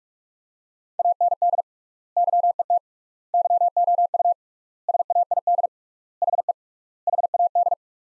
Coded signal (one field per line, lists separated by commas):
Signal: Morse code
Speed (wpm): 46 wpm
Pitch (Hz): 700 Hz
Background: none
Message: AND YET YOU SAID HE HAD